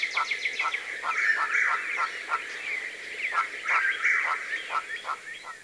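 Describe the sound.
Birds calling, a steady series of short downslurred notes about three per second mixed with overlapping higher chirps and twitters, several birds at once.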